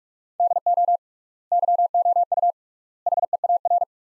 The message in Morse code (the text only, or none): DO YOU HEAR